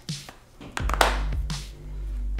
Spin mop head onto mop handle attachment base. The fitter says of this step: all right and now we can attach the mop head to the attachment point here and that just snaps right into place